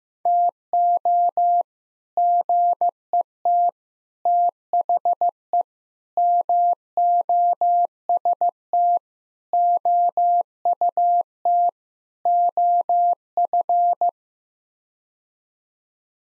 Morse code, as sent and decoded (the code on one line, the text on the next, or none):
- --- / --. . - / - .... . / -- --- ... - / --- ..- - / --- ..-.
TO GET THE MOST OUT OF